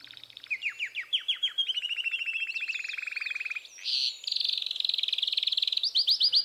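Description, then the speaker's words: Canary singing: rapid trills of repeated sweeping syllables that switch type several times, including a long fast trill and a brief buzzy note. Courtship song of the breeding season, March to June, built from 20 to 40 syllable types, unchanged through the season, then changing toward August. "Durant la saison des amours, du mois de mars au mois de juin, le canari fait entendre son chant de troubadour, sa sérénade, composée à partir de 20 à 40 types de syllabes différentes."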